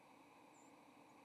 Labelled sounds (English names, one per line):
White-throated Sparrow flight call